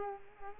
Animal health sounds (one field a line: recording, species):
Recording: mosquito wingbeat signal from an infrared sensor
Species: Culex quinquefasciatus